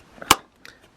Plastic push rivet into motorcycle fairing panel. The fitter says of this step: here the snap once you hear the snap you know it's in there securely